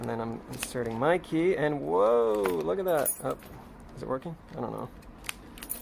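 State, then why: Released. After rekeying, a key is inserted into the tailgate handle lock cylinder of a 2009-2014 Ford F150 and turned while someone talks, with faint key jangling. The internal pin moves, and the lock mechanism gives a sharp click at 5.3 s, followed by a few small ticks, and the lock releases.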